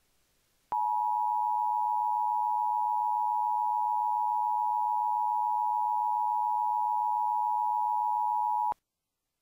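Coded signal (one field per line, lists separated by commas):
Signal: Emergency Alert System (SAME) tones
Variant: 853 and 960 Hz attention tone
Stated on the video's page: Mock EAS alerts made by the uploader.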